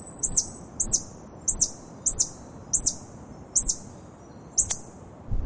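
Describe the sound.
Tarsier call series: shrill, high-pitched downward-sweeping chirps repeated roughly every three-quarters of a second, with faint low background noise.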